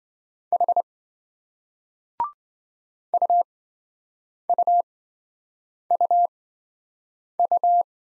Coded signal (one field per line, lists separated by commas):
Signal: Morse code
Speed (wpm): 25 wpm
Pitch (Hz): 700 Hz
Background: none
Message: H UUUU